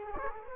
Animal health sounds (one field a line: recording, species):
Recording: mosquito wingbeat signal from an infrared sensor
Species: Culex quinquefasciatus